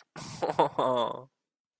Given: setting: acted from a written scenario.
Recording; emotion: vocal sound without words; adoration